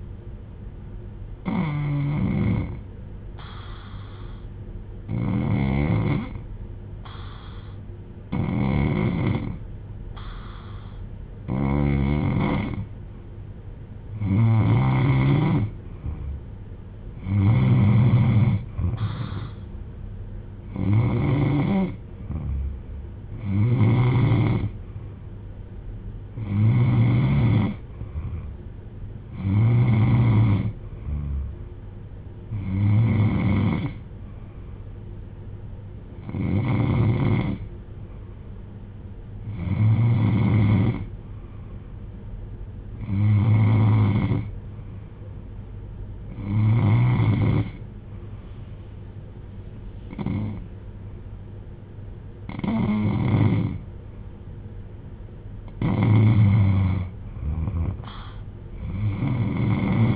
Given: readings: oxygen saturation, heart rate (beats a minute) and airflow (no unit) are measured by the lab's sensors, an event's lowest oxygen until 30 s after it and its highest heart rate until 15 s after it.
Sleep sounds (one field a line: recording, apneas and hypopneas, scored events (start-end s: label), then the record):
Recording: breathing in sleep by a smartphone at the bedside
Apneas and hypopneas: 1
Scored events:
3.00-17.20 s: hypopnea (N3, oxygen 93% highest, then 90% lowest)
From the record:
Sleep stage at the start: N3 (deep sleep)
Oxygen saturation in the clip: 90 to 94%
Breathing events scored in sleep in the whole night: 310 in 8.1 hours asleep